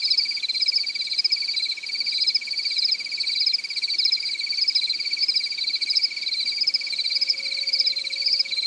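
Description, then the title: Cricket chirping in an unbroken high pulsed trill with regular louder bursts. "AnimalCricket"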